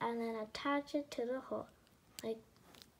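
Someone talks while handling the plastic connector piece of a bendable toy owl bracelet, bringing it toward the hole on the other end. Only faint handling noises follow the talking. Nothing has seated or clicked yet; the connector is not yet pushed home.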